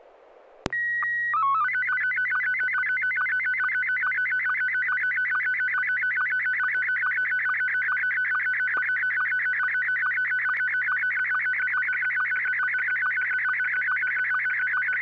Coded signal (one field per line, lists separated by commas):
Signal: SSTV (slow-scan television)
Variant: Scottie 1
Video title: N6NA SSTV Net - 09/11/2024